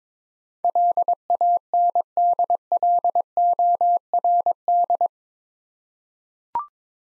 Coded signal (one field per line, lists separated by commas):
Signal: Morse code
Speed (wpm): 22 wpm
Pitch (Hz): 700 Hz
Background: none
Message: LANDLORD